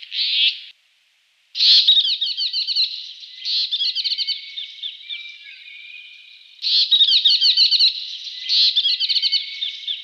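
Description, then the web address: Satin flycatcher calls: rapid grating, chattering notes in bursts, interspersed with quieter buzzy sections and a faint steady whistled tone underneath. Recorded in a garden in Canberra. "canberra-garden-birds flycatchers satin-flycatcher"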